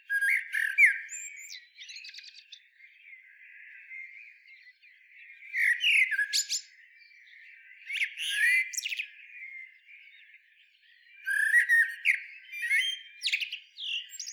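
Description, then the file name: Eurasian blackbird song: warbled, fluting phrases ending in high squeaky twitters, given in several bursts, with quieter chattering between. "Turdus merula"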